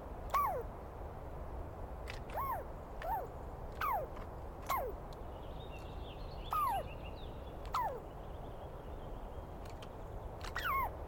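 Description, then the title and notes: Douglas squirrel giving a string of downslurred squeals at uneven intervals, with faint bird chatter in the background midway. Wild Douglas pine squirrel screaming at length at dawn on the morning of 21 April 2017 in the East Cascades; identified by its sound, not seen well. "Interview With The Chipmunk. On the morning of 21 April, 2017, I set up my microphones and recorder for a nice dawn recording in the East Cascades. I was started awake by a screaming Douglas Pine Squirrel"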